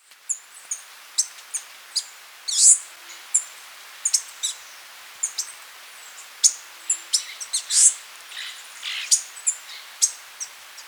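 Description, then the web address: Citrine warbler call notes: sharp high chips and short tweets scattered irregularly, some doubled, over a faint steady background hiss. Recorded in Ecuador. "Natures Songs S America Birds of Ecuador 3 Citrine Warbler"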